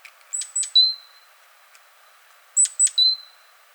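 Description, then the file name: Great tit calls: two sharp high notes followed by a thin whistled note, given twice. "Parus major"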